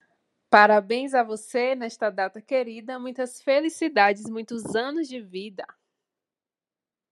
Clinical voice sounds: short text; Brazilian Portuguese; female; 20 to 29 years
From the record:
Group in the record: control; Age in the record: 27 years

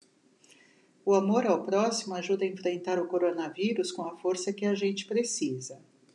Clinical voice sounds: spoken sentence; Brazilian Portuguese; female; 50 to 59 years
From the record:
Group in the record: control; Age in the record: 55 years

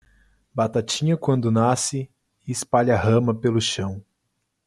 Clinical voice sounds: short text; Brazilian Portuguese; male; 20 to 29 years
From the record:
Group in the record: control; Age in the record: 27 years

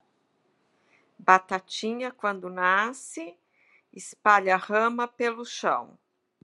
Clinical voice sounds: short text; Brazilian Portuguese; female; 50 to 59 years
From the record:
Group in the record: control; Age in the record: 57 years

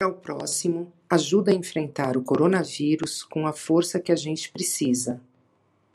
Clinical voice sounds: spoken sentence; Brazilian Portuguese; female; 60 to 69 years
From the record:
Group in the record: control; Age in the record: 60 years

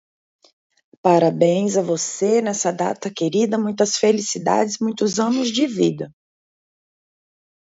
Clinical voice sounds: short text; Brazilian Portuguese; female; 40 to 49 years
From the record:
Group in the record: control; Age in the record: 42 years

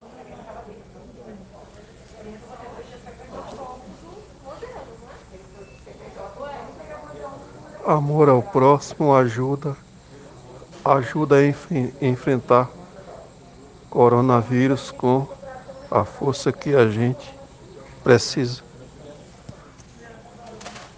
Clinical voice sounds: spoken sentence; Brazilian Portuguese; male; 50 to 59 years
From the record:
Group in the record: respiratory insufficiency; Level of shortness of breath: 5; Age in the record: 50 years

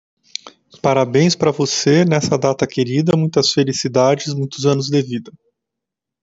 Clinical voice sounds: short text; Brazilian Portuguese; male; 40 to 49 years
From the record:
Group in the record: control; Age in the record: 48 years

